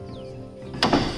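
A car's right-side drive shaft is centred in the gearbox differential and pushed in hard against a steady tonal background. A sharp knock at 0.8 s, followed by a softer one at 0.9 s, marks its retaining ring locking home, and the shaft is seated.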